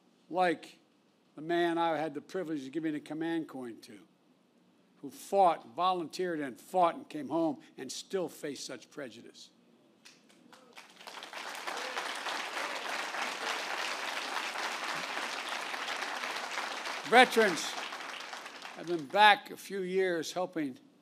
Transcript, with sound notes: like a man I had the privilege to giving a Command Coin to, who fought—volunteered and fought, and came home and still faced such prejudice. (Applause.) Veterans had been back a few years helping